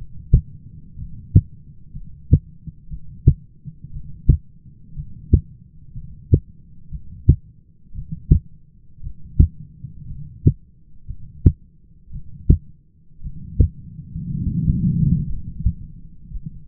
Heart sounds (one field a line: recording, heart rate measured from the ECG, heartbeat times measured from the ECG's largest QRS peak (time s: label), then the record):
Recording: heart sounds by stethoscope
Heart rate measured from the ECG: 59 bpm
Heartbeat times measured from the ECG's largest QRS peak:
0.98 s: heartbeat
1.93 s: heartbeat
2.90 s: heartbeat
3.93 s: heartbeat
4.96 s: heartbeat
5.94 s: heartbeat
6.91 s: heartbeat
7.95 s: heartbeat
9.03 s: heartbeat
10.07 s: heartbeat
11.07 s: heartbeat
12.12 s: heartbeat
13.23 s: heartbeat
14.29 s: heartbeat
15.27 s: heartbeat
16.30 s: heartbeat
From the record:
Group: heart failure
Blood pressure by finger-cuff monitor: 101/60 mmHg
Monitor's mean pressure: 73 mmHg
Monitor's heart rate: 58 bpm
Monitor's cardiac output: 6.6 L/min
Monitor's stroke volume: 111 mL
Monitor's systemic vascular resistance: 770 dyn s/cm5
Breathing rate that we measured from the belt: 14 breaths a minute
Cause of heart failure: dilated cardiomyopathy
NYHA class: 2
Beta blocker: bisoprolol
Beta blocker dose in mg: 10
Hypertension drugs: sacubitril-valsartan, spironolactone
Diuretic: furosemide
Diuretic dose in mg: 40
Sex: male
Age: 29 years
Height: 174 cm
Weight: 92 kg